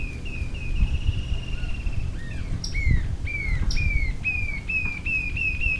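Green-tailed jacamar calls: a run of high piping notes, then a steady series of clear, slightly downslurred whistles, with low background noise.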